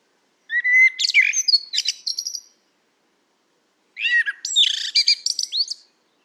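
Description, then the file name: Common blackbird giving two song phrases about three seconds apart, each a short low warble breaking into busy, squeaky high twitters. "Turdus merula"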